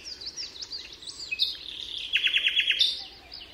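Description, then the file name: Common nightingale singing a dense phrase of sweeping whistles leading into a fast burst of repeated clipped notes. Recorded at Altmühlsee on 27 April 2014. "Nachtigall. Altmuehlsee. Susanne Rieck"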